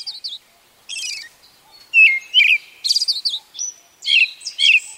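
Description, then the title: Brown-headed thrush song: several phrases of clear whistled notes with higher twittering trills. At Mount Tennyo, Yamanashi Prefecture, Japan. "天女山（山梨県）のアカハラ"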